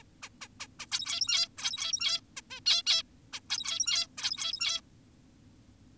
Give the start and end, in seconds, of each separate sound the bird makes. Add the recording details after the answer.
0.23-0.29, 0.42-0.48, 0.60-0.67, 0.80-0.86, 0.92-1.48, 1.58-2.21, 2.37-2.41, 2.50-2.60, 2.66-2.83, 2.87-3.03, 3.33-3.40, 3.50-4.07, 4.18-4.81. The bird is an adult. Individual g17y2U